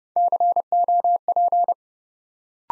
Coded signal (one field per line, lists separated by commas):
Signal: Morse code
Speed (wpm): 30 wpm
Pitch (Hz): 700 Hz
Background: none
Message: COP